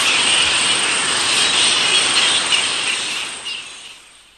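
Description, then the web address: Straw-coloured fruit bats squeaking together in a thick, shrill chorus that holds steady, then quickly fades to near silence at the end. "earth naturelibrary assets s st straw-coloured fruit bat"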